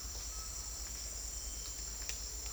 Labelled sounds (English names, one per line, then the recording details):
none
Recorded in dense forest near Puerto Asís, Putumayo, Colombia, on 20 December 2024 at 08:00
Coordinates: 0.485, -76.318
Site GP03